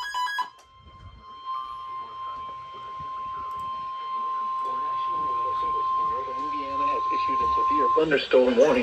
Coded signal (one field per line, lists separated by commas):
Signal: Emergency Alert System (SAME) tones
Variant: 1050 Hz attention tone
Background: speech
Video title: Marginal risk SVR event EAS 80-83 EAS alerts from 8/29/24